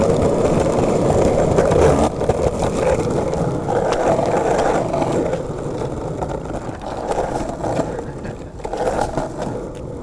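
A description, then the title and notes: A skateboard rolls steadily over pavement, its wheels making a dense, continuous low rumble and gritty scrape. The roar stays fairly even, slightly louder in the first two seconds, with brief clacks and bumps from cracks and joints scattered throughout. We skate along the city's streets, sidewalks, and a bike path that runs alongside train tracks and crosses a river. Skating Under a Bridge.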